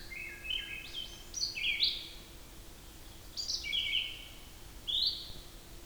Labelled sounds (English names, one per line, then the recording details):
Red-eyed Vireo song
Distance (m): 15 m
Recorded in boreal forest in Alberta, Canada, on 14 June 2016 at 06:22
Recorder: SongMeter 3, array SBT-3-33
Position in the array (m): 154 m, 180 m